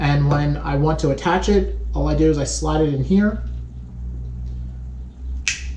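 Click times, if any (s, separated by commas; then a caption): 5.5 s. Someone talks while sliding the plastic snorkel attachment clip of a Cressi dry snorkel into the holder on the strap of a Cressi Panoramic Wide View dive mask. A single sharp click at 5.5 s marks the clip seating in place, locking the snorkel onto the mask.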